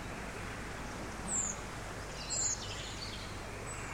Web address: canto de pajaros en una calle vacia de una gran ciudad